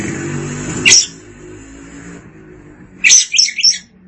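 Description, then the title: Oriental magpie-robin song: two short bursts of high, sharp chirped notes separated by a pause of about two seconds, over a low background hum. "Suara Kicauan Burung Kacer"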